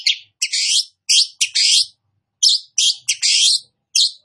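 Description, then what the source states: Long-tailed shrike song: harsh, scratchy, buzzing phrases in uneven bursts, some drawn out into grating rasps. Described as 'gacor', meaning singing vigorously.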